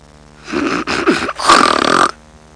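A single rough, rattling snore lasts about 1.6 seconds, broken into three noisy surges with brief sliding pitch. It is a harsh fluttering sound of airway vibration during sleep.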